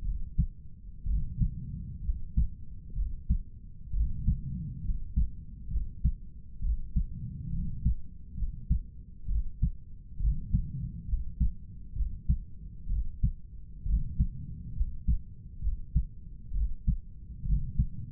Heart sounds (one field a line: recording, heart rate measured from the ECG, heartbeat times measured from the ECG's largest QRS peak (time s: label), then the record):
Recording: heart sounds by stethoscope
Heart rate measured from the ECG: 65 bpm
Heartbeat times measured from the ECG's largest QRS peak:
0.06 s: heartbeat
1.08 s: heartbeat
2.05 s: heartbeat
2.97 s: heartbeat
3.95 s: heartbeat
4.85 s: heartbeat
5.72 s: heartbeat
6.63 s: heartbeat
7.54 s: heartbeat
8.38 s: heartbeat
9.30 s: heartbeat
10.21 s: heartbeat
11.09 s: heartbeat
11.97 s: heartbeat
12.90 s: heartbeat
13.87 s: heartbeat
14.77 s: heartbeat
15.63 s: heartbeat
16.55 s: heartbeat
17.47 s: heartbeat
From the record:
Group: healthy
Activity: rest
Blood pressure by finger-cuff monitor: 143/93 mmHg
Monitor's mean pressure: 106 mmHg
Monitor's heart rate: 66 bpm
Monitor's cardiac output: 7 L/min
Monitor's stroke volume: 106 mL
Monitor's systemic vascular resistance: 1120 dyn s/cm5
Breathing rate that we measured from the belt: 19 breaths a minute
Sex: male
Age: 30 years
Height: 188 cm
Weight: 110.2 kg